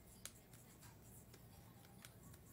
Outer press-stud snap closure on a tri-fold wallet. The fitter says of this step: well as the ones on the outside because you can hear those snap they are snapping for